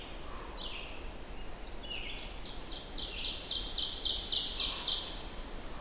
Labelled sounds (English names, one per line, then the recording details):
Ovenbird song
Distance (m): 25 m
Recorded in boreal forest in Alberta, Canada, on 14 June 2016 at 07:20
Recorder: SongMeter 3, array SBT-3-33
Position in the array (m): 96 m, 142 m
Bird 21